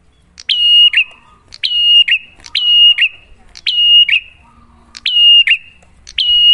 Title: Masteran Duet Cililin Vs Kapas Tembak. Pancingan Prenjak Gacor Suara Jernih